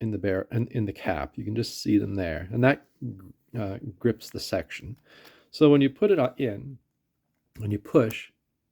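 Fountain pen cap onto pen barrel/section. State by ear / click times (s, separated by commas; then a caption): not seated / none. Someone talks while handling the plastic cap of a Platinum Preppy fountain pen, pushing it toward the pen so the inner sealing cap will grip the section. Nothing has seated or clicked yet; the snap of the cap locking onto the barrel has not happened by the end.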